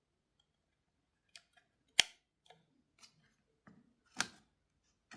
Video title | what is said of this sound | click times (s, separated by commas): Upgrading SLOW HP laptop | Just replug in the connector until you hear a click. | 2.0 s